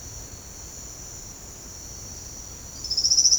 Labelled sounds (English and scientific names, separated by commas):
none